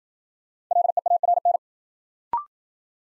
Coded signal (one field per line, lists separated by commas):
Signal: Morse code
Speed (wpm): 52 wpm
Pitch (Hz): 700 Hz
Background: none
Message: LEARN